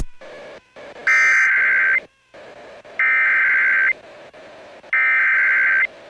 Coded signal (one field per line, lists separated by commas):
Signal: Emergency Alert System (SAME) tones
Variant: header bursts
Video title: Trouble Brews In Louisiana... | EAS Alerts from 12/13/2022 (EAS #2046-2050)